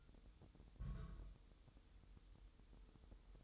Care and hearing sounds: daily activity, microphone in the room; place on stove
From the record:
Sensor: 3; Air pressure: 988.3 hPa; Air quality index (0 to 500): 191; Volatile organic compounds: 265 ppm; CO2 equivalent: 4399 ppm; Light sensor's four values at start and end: 24/75/31/27 and 24/75/32/27

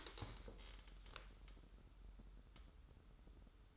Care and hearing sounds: daily activity, microphone in the room; stand up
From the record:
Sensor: 3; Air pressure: 994.4 hPa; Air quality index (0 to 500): 199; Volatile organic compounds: 1000 ppm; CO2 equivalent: 6610 ppm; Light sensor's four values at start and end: 165/388/165/164 and 181/429/182/184

